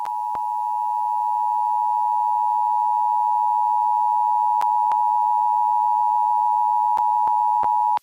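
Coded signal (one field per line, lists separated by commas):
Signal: Emergency Alert System (SAME) tones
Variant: 853 and 960 Hz attention tone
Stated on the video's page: Required monthly EAS test relayed by a sports FM station on 105.5 MHz, 720 W, received via SDR about 12.7 miles from the transmitter.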